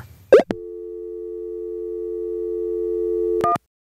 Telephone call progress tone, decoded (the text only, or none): dial tone